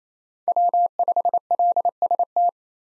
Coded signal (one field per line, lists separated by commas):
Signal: Morse code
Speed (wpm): 28 wpm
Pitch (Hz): 700 Hz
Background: none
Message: W5LST